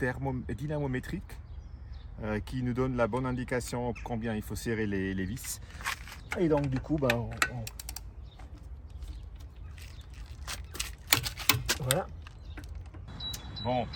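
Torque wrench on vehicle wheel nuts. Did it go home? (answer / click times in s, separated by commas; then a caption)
yes / 11.1 s. A torque wrench tightens the wheel nuts on a pick-up camper after it has been lowered back down, while someone talks. A sharp click at 11.1 s marks the set torque being reached.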